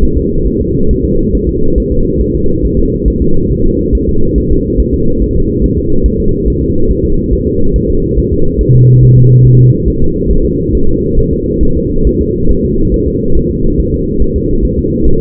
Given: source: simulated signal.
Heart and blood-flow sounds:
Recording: fetal heart sounds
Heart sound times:
0.03 s: S1
0.18 s: S2
0.47 s: S1
0.61 s: S2
0.91 s: S1
1.05 s: S2
1.35 s: S1
1.49 s: S2
1.78 s: S1
1.92 s: S2
2.21 s: S1
2.35 s: S2
2.65 s: S1
2.79 s: S2
3.08 s: S1
3.22 s: S2
3.52 s: S1
3.66 s: S2
3.95 s: S1
4.09 s: S2
4.38 s: S1
4.52 s: S2
4.80 s: S1
4.94 s: S2
5.22 s: S1
5.36 s: S2
5.64 s: S1
5.78 s: S2
6.06 s: S1
6.20 s: S2
6.48 s: S1
6.62 s: S2
6.91 s: S1
7.05 s: S2
7.33 s: S1
7.47 s: S2
7.76 s: S1
7.90 s: S2
8.19 s: S1
8.33 s: S2
8.61 s: S1
8.75 s: S2
9.03 s: S1
9.17 s: S2
9.46 s: S1
9.60 s: S2
9.88 s: S1
10.02 s: S2
10.31 s: S1
10.45 s: S2
10.75 s: S1
10.89 s: S2
11.19 s: S1
11.33 s: S2
11.63 s: S1
11.77 s: S2
12.07 s: S1
12.21 s: S2
12.51 s: S1
12.65 s: S2
12.94 s: S1
13.08 s: S2
13.37 s: S1
13.51 s: S2
13.80 s: S1
13.94 s: S2
14.22 s: S1
14.36 s: S2
14.65 s: S1
14.79 s: S2
15.07 s: S1
From the record:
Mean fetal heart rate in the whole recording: 140 bpm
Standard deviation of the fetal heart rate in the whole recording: 2 bpm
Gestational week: 34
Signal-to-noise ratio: -17.7 dB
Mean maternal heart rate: 72 bpm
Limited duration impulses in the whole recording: present

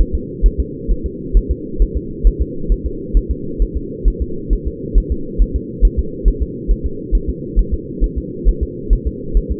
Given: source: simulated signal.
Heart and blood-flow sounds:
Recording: fetal heart sounds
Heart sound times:
0.01 s: S1
0.15 s: S2
0.46 s: S1
0.60 s: S2
0.91 s: S1
1.06 s: S2
1.37 s: S1
1.51 s: S2
1.82 s: S1
1.97 s: S2
2.27 s: S1
2.41 s: S2
2.72 s: S1
2.86 s: S2
3.17 s: S1
3.31 s: S2
3.62 s: S1
3.77 s: S2
4.08 s: S1
4.22 s: S2
4.53 s: S1
4.67 s: S2
4.98 s: S1
5.12 s: S2
5.42 s: S1
5.56 s: S2
5.85 s: S1
5.99 s: S2
6.28 s: S1
6.43 s: S2
6.71 s: S1
6.86 s: S2
7.15 s: S1
7.29 s: S2
7.59 s: S1
7.74 s: S2
8.04 s: S1
8.18 s: S2
8.48 s: S1
8.63 s: S2
8.93 s: S1
9.07 s: S2
9.37 s: S1
9.52 s: S2
From the record:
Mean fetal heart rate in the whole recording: 135 bpm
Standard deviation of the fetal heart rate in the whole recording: 3 bpm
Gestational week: 36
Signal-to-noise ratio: -4.3 dB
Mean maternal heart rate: 72 bpm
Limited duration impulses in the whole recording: absent

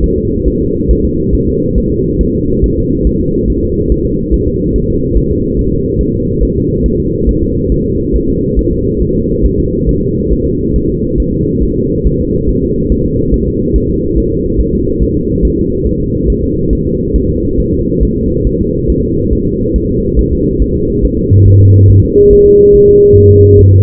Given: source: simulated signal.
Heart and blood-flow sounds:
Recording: fetal heart sounds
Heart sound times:
0.04 s: S1
0.18 s: S2
0.48 s: S1
0.62 s: S2
0.91 s: S1
1.05 s: S2
1.35 s: S1
1.49 s: S2
1.78 s: S1
1.92 s: S2
2.21 s: S1
2.35 s: S2
2.64 s: S1
2.78 s: S2
3.07 s: S1
3.21 s: S2
3.50 s: S1
3.64 s: S2
3.92 s: S1
4.06 s: S2
4.34 s: S1
4.48 s: S2
4.76 s: S1
4.90 s: S2
5.17 s: S1
5.32 s: S2
5.59 s: S1
5.73 s: S2
6.01 s: S1
6.15 s: S2
6.43 s: S1
6.57 s: S2
6.86 s: S1
7.00 s: S2
7.29 s: S1
7.43 s: S2
7.72 s: S1
7.86 s: S2
8.15 s: S1
8.30 s: S2
8.59 s: S1
8.73 s: S2
9.02 s: S1
9.16 s: S2
9.46 s: S1
9.60 s: S2
9.89 s: S1
10.03 s: S2
10.32 s: S1
10.47 s: S2
10.76 s: S1
10.90 s: S2
11.20 s: S1
11.34 s: S2
11.63 s: S1
11.78 s: S2
12.07 s: S1
12.21 s: S2
12.49 s: S1
12.63 s: S2
12.92 s: S1
13.06 s: S2
13.34 s: S1
13.48 s: S2
13.76 s: S1
13.90 s: S2
14.18 s: S1
14.32 s: S2
14.60 s: S1
14.74 s: S2
15.03 s: S1
15.17 s: S2
15.45 s: S1
15.59 s: S2
15.87 s: S1
16.01 s: S2
16.30 s: S1
16.44 s: S2
16.73 s: S1
16.87 s: S2
17.16 s: S1
17.30 s: S2
17.60 s: S1
17.74 s: S2
18.03 s: S1
18.17 s: S2
18.47 s: S1
18.61 s: S2
18.90 s: S1
19.04 s: S2
19.33 s: S1
19.47 s: S2
19.76 s: S1
19.90 s: S2
20.19 s: S1
20.33 s: S2
20.62 s: S1
20.76 s: S2
21.05 s: S1
21.19 s: S2
21.48 s: S1
21.62 s: S2
21.90 s: S1
22.05 s: S2
22.33 s: S1
22.47 s: S2
22.75 s: S1
22.89 s: S2
23.17 s: S1
23.32 s: S2
23.59 s: S1
23.73 s: S2
From the record:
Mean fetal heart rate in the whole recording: 140 bpm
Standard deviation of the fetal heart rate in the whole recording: 2 bpm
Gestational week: 34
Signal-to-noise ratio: -14.7 dB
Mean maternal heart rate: 72 bpm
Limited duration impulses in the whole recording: present

